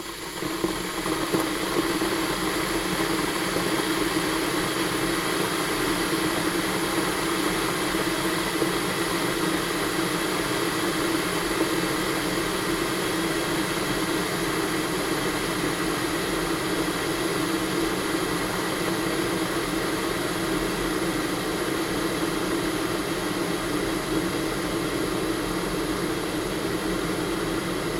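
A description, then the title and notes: A kettle boils with a steady, dense roar that holds at the same loudness for the whole stretch. The rushing sound fills low to high, with a faint hum and a few steady whining tones running through it, and no clear separate events. Kettle Boil.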